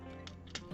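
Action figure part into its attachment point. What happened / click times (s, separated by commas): A plastic toy part snapped into place / 0.6 s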